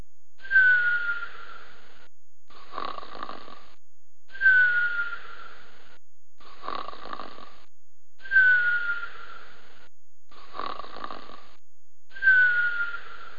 Animal lion cub snoring sound effect.